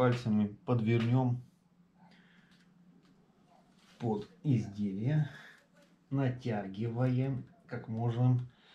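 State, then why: Not seated. Fingers tuck and stretch a leather cover's edge into the groove under the steering wheel rim's trim edge, pulling the material as tight as possible. Someone talks in bursts, with quieter stretches of soft handling noise between them. The edge is still being worked in, and nothing has seated or clicked yet.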